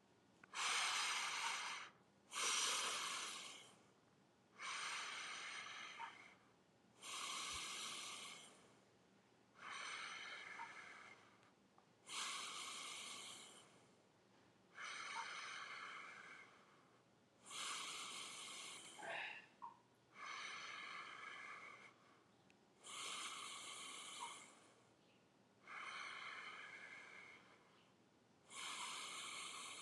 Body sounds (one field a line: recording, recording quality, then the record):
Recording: deep breathing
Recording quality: excellent, no background noise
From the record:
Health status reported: healthy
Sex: male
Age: 50 years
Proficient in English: yes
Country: United States